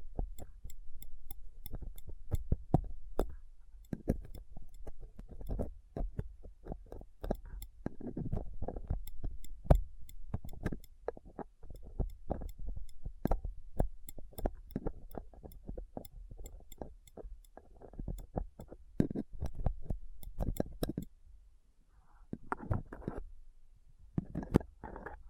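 Rough scraping and picking at a microphone with a dental pick, tweezers and a cotton swab. Dense, irregular clicks, scratches and thumps run throughout, with heavy low rumbling handling noise, brief quieter gaps near 21 seconds, then a few sharper bursts.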